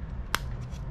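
A plastic piece of a PS5 controller's analog stick mechanism, lined up like a Lego piece, is pressed back into the controller's stick module during reassembly. A single sharp click at 0.3 s stands out over a low background hum. The piece seats in place.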